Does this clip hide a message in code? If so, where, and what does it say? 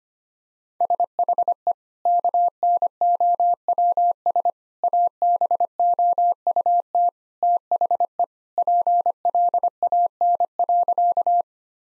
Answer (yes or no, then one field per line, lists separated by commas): yes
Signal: Morse code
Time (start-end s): 0.8-11.4 s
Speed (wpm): 25 wpm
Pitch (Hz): 700 Hz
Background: none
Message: SHE KNOWS ABOUT THE PLAN.